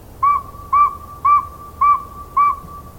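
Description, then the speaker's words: Northern Saw-whet Owl whistled call: five short, even, mid-pitched toots repeated about every half second, steady and mechanical, with a faint tone lingering between notes. Calls at night; its calls sound much like human whistles rather than hoots. "This nighttime whistler's a northern saw-whet owl."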